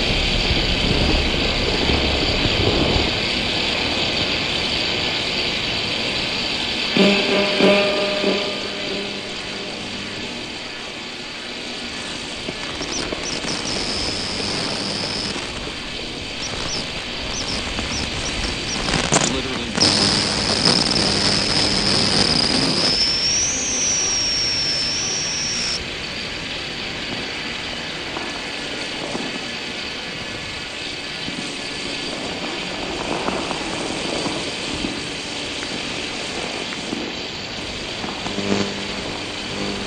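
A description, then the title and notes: Electrical buzzing from lampposts, illuminations and junction boxes runs steadily throughout, a dense hum with a bright, thin whine that rises and wavers around 20 to 25 seconds. Passing traffic rumbles underneath, with brief thuds and rattles near 7 and 19 seconds. The Ether picked up the buzzes of lamppost, Christmas illuminations, junction boxes and phone masts. I loaded the samples onto an iPad, treated them with fx and looped clips in Gauss Field Looper.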